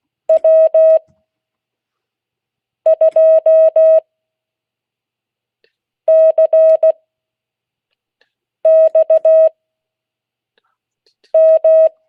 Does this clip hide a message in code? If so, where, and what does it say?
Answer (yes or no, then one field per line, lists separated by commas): yes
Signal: Morse code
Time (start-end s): 0.3-11.9 s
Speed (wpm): 16 wpm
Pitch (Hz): 640 Hz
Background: speech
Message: W2CXM